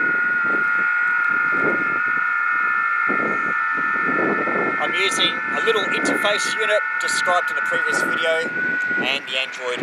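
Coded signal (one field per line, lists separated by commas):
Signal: FT8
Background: speech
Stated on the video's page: FT8 on higher HF bands using an old 1.5 m pedestrian mobile whip with coupler.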